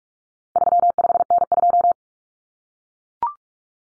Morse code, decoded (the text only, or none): 35N2